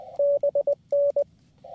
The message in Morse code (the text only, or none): BN